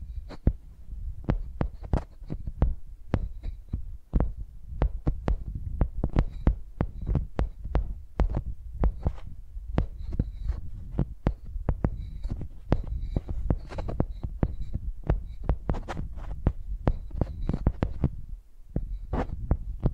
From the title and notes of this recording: Using Mics as Pencils (No Talking).